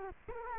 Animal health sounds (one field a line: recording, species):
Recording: mosquito wingbeat signal from an infrared sensor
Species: Culex quinquefasciatus